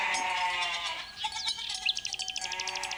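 Goats bleat in a wavering, nasal chorus, the cries overlapping at first and then breaking into quick, stuttering pulses. The bleats are moderately loud, with no talking.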